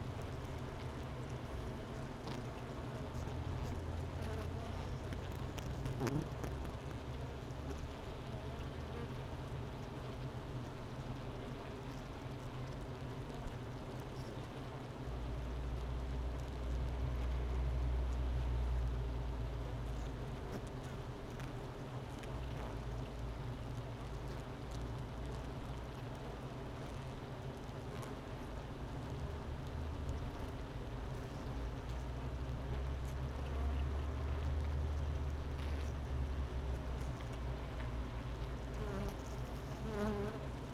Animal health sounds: honeybee colony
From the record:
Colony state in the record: missing queen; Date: 31 May 2018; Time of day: 10:58

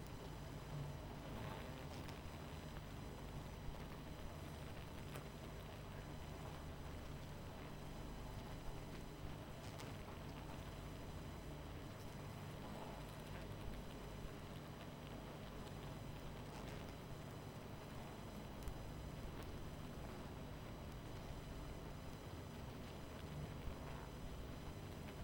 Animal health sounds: honeybee colony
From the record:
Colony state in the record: missing queen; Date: 14 July 2017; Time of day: 22:07

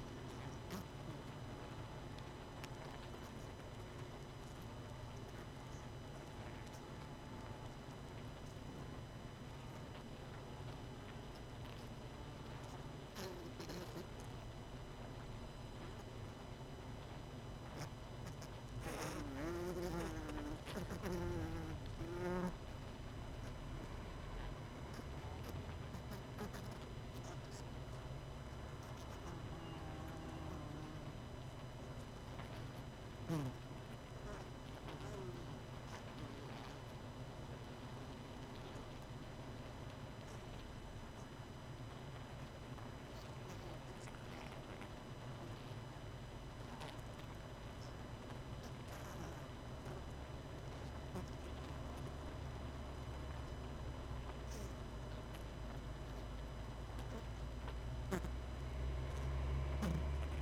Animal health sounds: honeybee colony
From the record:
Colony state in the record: missing queen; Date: 31 May 2018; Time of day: 19:22

